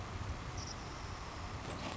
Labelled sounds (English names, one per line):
Savannah Sparrow